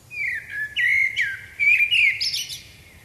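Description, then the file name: Common blackbird singing one brief phrase: mellow, fluted downslurred whistles that run into a high, scratchy twittering finish. "Turdus merula"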